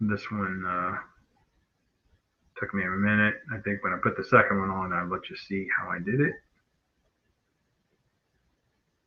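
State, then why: Not seated. A 3D-printed plastic accessory with a lock tab is lined up on a 1:12 G.I. Joe Classified Spaceman action figure before being twisted on. Someone talks from about 0.0 to 1.1 s and again from 2.6 to 6.4 s, then it goes quiet. Nothing has snapped or clicked into place yet.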